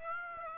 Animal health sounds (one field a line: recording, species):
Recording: mosquito wingbeat signal from an infrared sensor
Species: Aedes aegypti